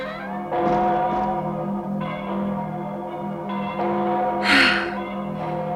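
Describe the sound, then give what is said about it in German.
Church bells ring in a steady peal, each strike blooming into long, overlapping humming tones. A sharp breathy gasp cuts in near the end. “Ich habe endlich verstanden, was sie läuten.”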